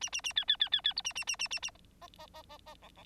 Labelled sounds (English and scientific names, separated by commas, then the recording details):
Bengalese Finch (Lonchura striata domestica) song
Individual Bird9